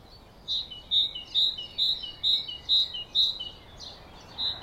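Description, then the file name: Great tit repeating a bright two-note phrase roughly twice a second, steady and even, fading at the end. "Parus major"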